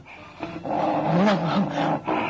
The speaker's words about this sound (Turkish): Bu karabaşın sesi. Sesi çok yakından geliyor. Bir hayvan yakalamış olmalı.